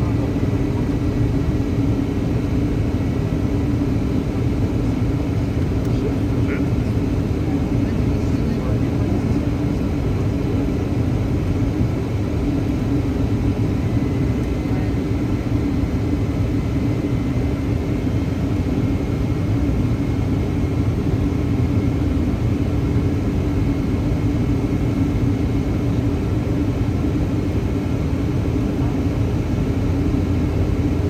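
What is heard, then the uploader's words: A Boeing 757 cabin in flight, filled with a steady, dense low engine roar that holds level throughout. A faint thin tone runs high above it, and a brief click sounds around six seconds; murmured speech may sit under the drone. FULL FLIGHT - Boeing 757 Frankfurt to Palma (Condor) - WHITE NOISE. Full flights with all of it's sounds including passenger announcements, service and of course the engines.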